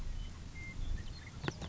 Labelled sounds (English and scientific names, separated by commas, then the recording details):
Western Meadowlark (Sturnella neglecta)
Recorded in Sonoma County, California